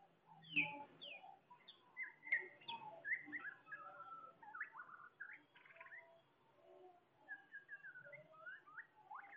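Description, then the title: Bird song of sharp downslurred whistles and quick chirps, phrases tumbling irregularly through the whole stretch, low hum faintly beneath. "SuaraBurung Kicau"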